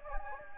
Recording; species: mosquito wingbeat signal from an infrared sensor; Anopheles gambiae